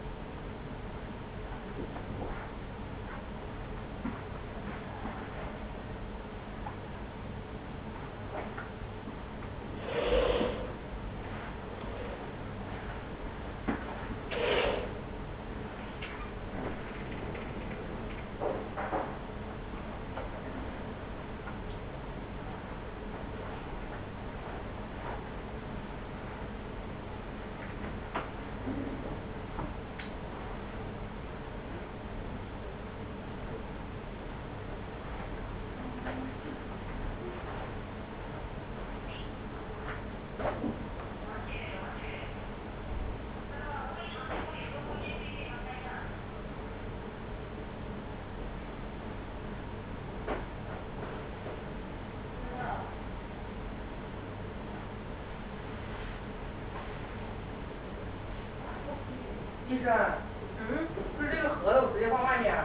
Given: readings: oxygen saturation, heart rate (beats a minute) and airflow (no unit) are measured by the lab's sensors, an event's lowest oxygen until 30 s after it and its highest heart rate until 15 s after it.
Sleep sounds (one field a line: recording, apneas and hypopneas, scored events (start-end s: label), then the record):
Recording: a person awake in a sleep study, by a voice recorder at the bedside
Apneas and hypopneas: none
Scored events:
0.00-62.65 s: awake
0.00-62.65 s: awake
From the record:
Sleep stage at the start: awake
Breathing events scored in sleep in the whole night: 210 in 6.9 hours asleep